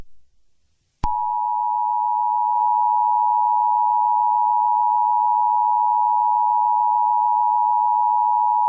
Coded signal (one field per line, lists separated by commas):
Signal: Emergency Alert System (SAME) tones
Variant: 853 and 960 Hz attention tone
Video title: EAS Mock: Eggman's Announcement